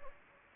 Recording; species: mosquito wingbeat signal from an infrared sensor; Anopheles gambiae